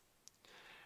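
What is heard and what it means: A titanium folding knife's blade is rapidly deployed and locks open with a light, sharp click at 0.3 s. A second, softer snap follows at 0.5 s, then a steady hiss continues to the end.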